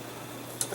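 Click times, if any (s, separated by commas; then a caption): 0.6 s. A hex-shaped part is lined up with the matching hex pocket on a 3D printer's print-fan carriage mount and pushed in. One short, sharp tick is heard at 0.6 s as it snaps into place and holds itself, fully seated.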